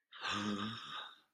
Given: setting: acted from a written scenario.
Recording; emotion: vocal sound without words; realization